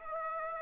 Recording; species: mosquito wingbeat signal from an infrared sensor; Aedes aegypti